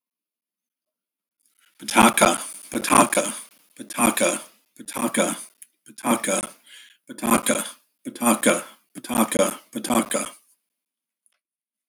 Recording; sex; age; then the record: repeated syllables /pa ta ka/; male; 50 to 59 years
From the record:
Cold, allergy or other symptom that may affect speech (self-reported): no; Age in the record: 58 years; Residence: New York, United States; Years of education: 19